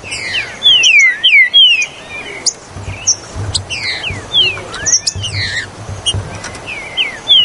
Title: Trinca Ferro